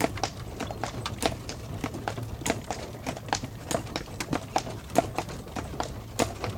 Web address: one horse and wooden cart travelling recorded on cart